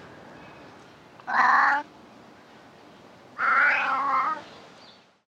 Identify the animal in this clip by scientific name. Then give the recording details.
Felis silvestris. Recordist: Tembrock, Günter. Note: Männchen: diverse Laute